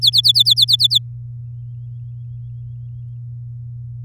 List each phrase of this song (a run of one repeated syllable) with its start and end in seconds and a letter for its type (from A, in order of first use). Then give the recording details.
0.01-0.98 A. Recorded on 10 May 2018 at 12:33. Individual llb16